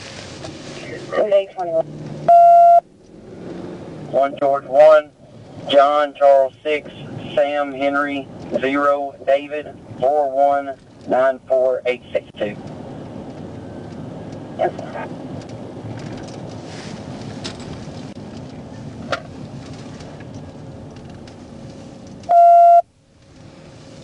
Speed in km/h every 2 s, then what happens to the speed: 37, 44, 52, 56, 52, 48, 52, 50, 34, 31, 24, 18.
1-5 speeds up to 56. 7-9 brakes to 48. 13-24 slows to 18.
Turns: 15-21.